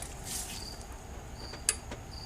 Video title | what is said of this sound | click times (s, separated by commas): Harland Sharp Roller Rocker Install 3.9 Magnum (1.7 Ratio) | and then I'll go back to this one and actually go until it clicks. There we go. | 1.7 s